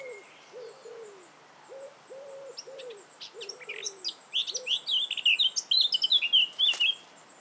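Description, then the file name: Eurasian blackcap: low soft notes from another bird repeat at first, then a Eurasian blackcap breaks in with rapid scratchy chatter turning into bright fluty whistled phrases. "Sylvia atricapilla"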